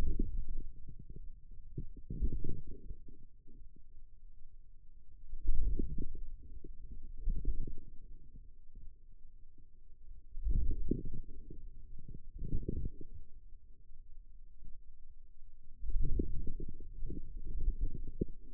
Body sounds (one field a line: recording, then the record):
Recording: forearm muscle sounds (acoustic myography)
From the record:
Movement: wrist extension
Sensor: system 2, bracelet of six BSWA MPA416 microphones around the upper forearm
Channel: 6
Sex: male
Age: 22 years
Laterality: right